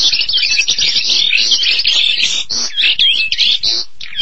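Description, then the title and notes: Starling song: a dense, continuous stream of harsh chattering notes, squeaks and whistled slurs mixed together, with short pauses near the middle and end. "suara burung jalak"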